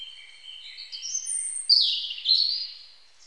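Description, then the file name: European robin with drawn-out thin whistles leading into a bright, tumbling high warble. "Erithacus rubecula"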